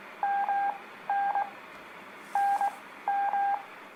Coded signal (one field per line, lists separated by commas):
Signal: Morse code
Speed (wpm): 22 wpm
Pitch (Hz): 800 Hz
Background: none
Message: MN NM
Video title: Practice Morse Code With Letters K L M N O | Beginners